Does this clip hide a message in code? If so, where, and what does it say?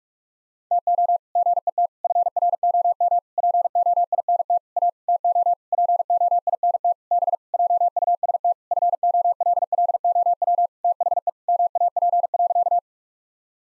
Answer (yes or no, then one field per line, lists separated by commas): yes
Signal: Morse code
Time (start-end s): 0.7-12.8 s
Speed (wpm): 46 wpm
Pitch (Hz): 700 Hz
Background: none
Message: TO GET FROM POINT A TO POINT B JUST FOLLOW THE MAP.